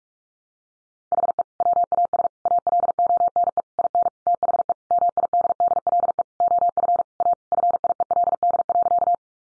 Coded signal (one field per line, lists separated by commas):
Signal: Morse code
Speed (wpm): 44 wpm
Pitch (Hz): 700 Hz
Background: none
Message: HE WAS ALONE IN THE MIDDLE OF A FIELD.